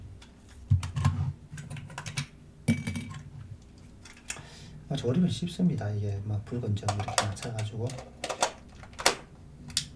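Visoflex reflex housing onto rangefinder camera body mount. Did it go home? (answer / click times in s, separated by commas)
yes / 9.8 s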